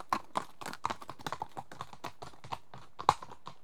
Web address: BBC Sound Effects Library BBC - Horses Two horses walk past on trough